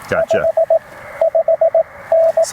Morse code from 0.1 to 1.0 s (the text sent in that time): 5